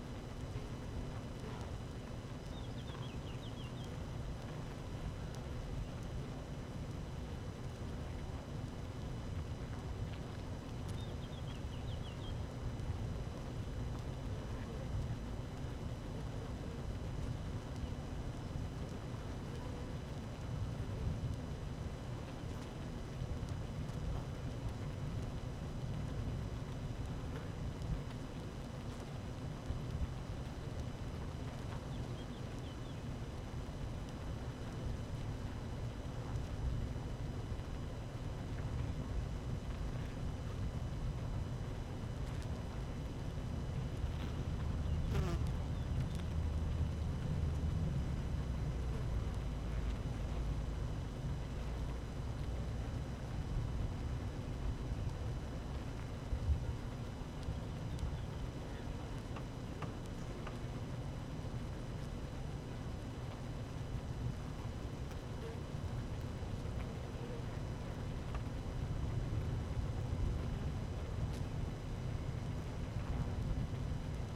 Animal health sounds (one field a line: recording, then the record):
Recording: honeybee colony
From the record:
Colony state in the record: active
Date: 12 June 2018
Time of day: 12:43